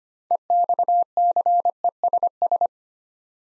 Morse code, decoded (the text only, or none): EXCESS